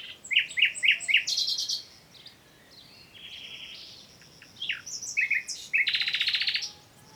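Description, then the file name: Common nightingale song: a row of chirped notes, a buzzy trill, then sharp whistled phrases and a loud rapid rattling burst near the end. "Luscinia megarhynchos"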